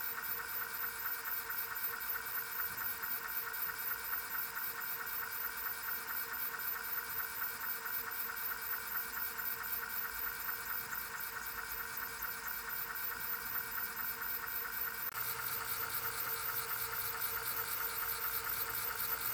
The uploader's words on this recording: Lidar Platform Spinning. Second video of the LIDAR rotation assembly I'm working on for my Senior Design team's project. I attached the IR pair to detect the end of rotation as well as the LIDAR module itself.